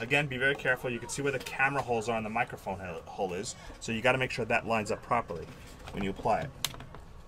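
Someone talks while fitting the hard plastic inner shell of an Otterbox Defender rugged case around a Kindle Fire HDX 8.9 tablet, lining the screen piece up with the camera and microphone holes. A few faint, quick ticks of handling are heard near the end, around 6.7 to 7.0 seconds. The small locking tabs have not been squeezed shut yet, and nothing has snapped or seated.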